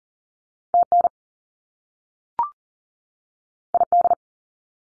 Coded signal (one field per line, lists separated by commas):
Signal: Morse code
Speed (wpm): 38 wpm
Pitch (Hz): 700 Hz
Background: none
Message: TN ID